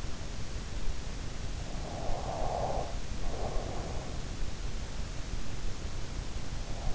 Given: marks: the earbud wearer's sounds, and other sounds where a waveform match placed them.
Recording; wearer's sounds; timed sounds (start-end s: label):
sounds in sleep by an in-ear microphone; breath
2.10-4.59 s: breath